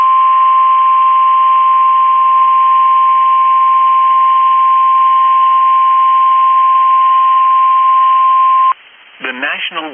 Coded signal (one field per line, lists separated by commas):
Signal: Emergency Alert System (SAME) tones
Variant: 1050 Hz attention tone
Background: speech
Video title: What a way to start July | 7/1/22 - Severe Thunderstorm Warning on WXM42 (EAS #570)